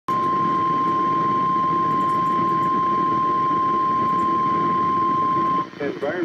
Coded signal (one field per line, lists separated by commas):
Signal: Emergency Alert System (SAME) tones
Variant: 1050 Hz attention tone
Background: speech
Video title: (EAS #30 - 31) Winter Storm Warning & Rainfall Warning 3-3-19